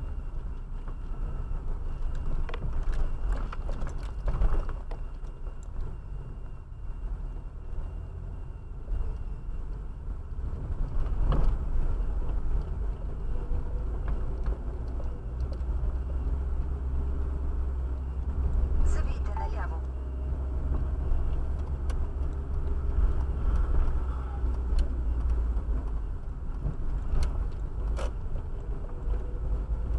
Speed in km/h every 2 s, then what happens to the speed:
16, 13, 12, 15, 19, 18, 21, 25, 27, 26, 27, 27, 23, 20, 21.
4-15 speeds up to 27. 15-22 steady at about 27. 22-26 slows to 20.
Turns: none.